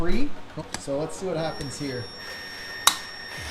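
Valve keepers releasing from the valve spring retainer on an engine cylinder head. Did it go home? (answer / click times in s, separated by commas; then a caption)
released / 2.9 s. Someone talks while using a valve spring compressor on a 300ZX VG30 engine cylinder head, pushing up from the bottom by hand on the valve. At 2.9 s a single sharp pop is heard as the valve keepers break free of the valve spring retainer, releasing it.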